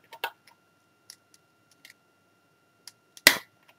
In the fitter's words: Okay, that goes in. Kind of snaps into place.